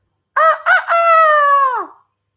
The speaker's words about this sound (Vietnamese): Bốn phía gà trống phát ra vài tiếng gáy cao vút. Buồn cười nhất là một con gà trống bị âm binh cầm trong tay cũng gáy lên một tiếng.